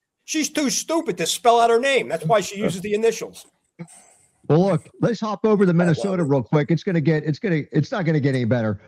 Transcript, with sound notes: she's too stupid to spell out her name, that's why she uses the initials.
(laughs) Well, look, let's hop over to Minnesota real quick. It's gonna get, it's gonna ... it's not gonna get any better.